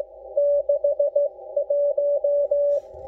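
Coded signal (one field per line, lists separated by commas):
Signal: Morse code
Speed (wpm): 17 wpm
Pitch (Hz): 560 Hz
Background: none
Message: 6 1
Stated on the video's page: 40 metre band CW received on an Icom IC-7610 HF SDR transceiver during a weekend.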